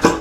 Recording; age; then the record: pig call; growing-finishing pig (85 days or more)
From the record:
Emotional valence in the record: positive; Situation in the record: enriched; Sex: female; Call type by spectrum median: low-frequency call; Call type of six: low-frequency tonal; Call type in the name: low-frequency tonal, not sure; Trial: 3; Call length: 0.21 s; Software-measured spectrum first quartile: 356 Hz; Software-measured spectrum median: 727 Hz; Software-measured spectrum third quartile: 1631 Hz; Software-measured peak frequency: 318 Hz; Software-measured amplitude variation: 191 dB a second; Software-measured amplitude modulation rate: 16.4 a second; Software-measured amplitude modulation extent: 11.6 dB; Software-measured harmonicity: -0.1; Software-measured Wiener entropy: -0.93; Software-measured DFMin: 711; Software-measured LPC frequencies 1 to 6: 405, 1071, 2544, 3443, 4249, 5284 Hz